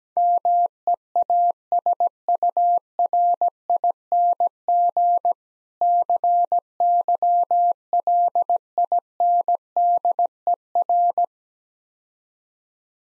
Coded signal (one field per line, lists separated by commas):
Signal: Morse code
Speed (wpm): 17 wpm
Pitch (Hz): 700 Hz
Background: none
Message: MEASURING CYLINDER